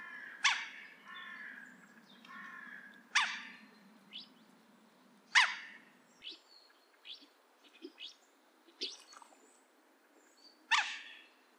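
Animal calls: several sharp, loud chirps with bright overtones at irregular intervals, mixed with softer, shorter chirps and a low steady hum through the first half.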